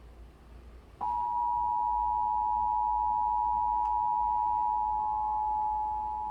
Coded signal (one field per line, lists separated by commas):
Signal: Emergency Alert System (SAME) tones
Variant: 853 and 960 Hz attention tone